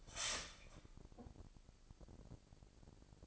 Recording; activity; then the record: daily activity, microphone in the room; start toaster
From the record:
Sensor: 5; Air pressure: 1007.4 hPa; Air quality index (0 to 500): 128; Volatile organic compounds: 1 ppm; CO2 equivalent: 970 ppm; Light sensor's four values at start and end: 26/59/24/25 and 26/59/24/25